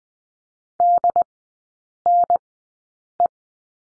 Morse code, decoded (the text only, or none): DNE